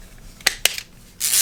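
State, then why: Seated. The plastic top piece of a Whitestone Dome screen protector alignment jig is slid on from the bottom and pushed up over its base around a Galaxy S21 Ultra phone until it snaps back into place. Two sharp plastic clicks are heard at 0.5 s and 0.7 s, followed by a faint tick and then a steady broadband hiss from about 1.2 s. The top piece is seated.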